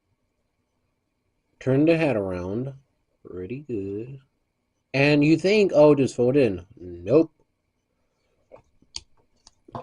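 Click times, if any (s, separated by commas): 9.0 s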